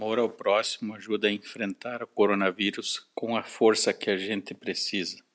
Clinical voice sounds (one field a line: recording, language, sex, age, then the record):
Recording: spoken sentence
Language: Brazilian Portuguese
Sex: male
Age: 40 to 49 years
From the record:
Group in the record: control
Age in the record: 46 years